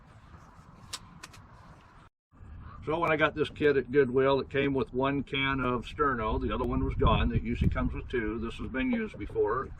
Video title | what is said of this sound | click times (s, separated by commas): Sterno Inferno cooking hacks. | Get that locked into place. | 0.9 s